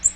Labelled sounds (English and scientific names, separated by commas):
Magnolia Warbler (Setophaga magnolia) flight call